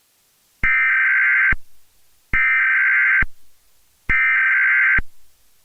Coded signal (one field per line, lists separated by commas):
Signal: Emergency Alert System (SAME) tones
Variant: header bursts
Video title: A Quiet Place 2 Fake EAS Alert